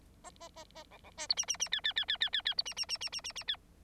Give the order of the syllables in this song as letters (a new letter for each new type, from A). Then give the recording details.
A A A A B B C D E E E F F F F F F F D E E E E E E E F. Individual Bird9